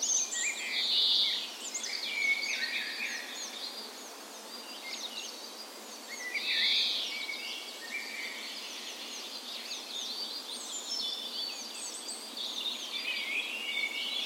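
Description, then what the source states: Birds in a birds, bright high warbles and short whistled phrases overlapping, louder surges near the start and middle over soft hiss. Birds' spring birds on the morning of 17 May, Norway's National Day, in a park west in Bergen, Norway; recorded with a Sony PCM A10 and LOM micro Usi mics as tree ears.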